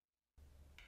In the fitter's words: bring them together and you're gonna hear a click and you'll know